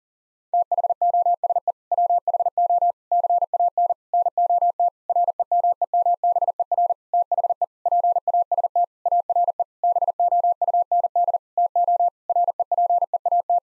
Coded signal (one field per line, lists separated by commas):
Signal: Morse code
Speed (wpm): 40 wpm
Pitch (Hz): 700 Hz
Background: none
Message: THOSE WHO CAN NOT REMEMBER THE PAST ARE BOUND TO REPEAT